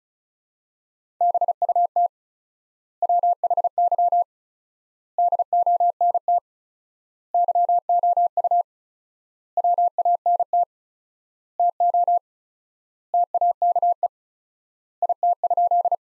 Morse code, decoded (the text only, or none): BUT WHY DONT YOU WANT TO TAKE IT?